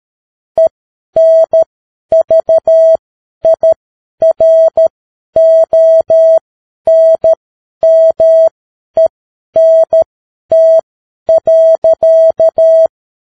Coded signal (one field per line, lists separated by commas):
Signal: Morse code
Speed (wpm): 13 wpm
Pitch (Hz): 650 Hz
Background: none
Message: ENVIRONMENT.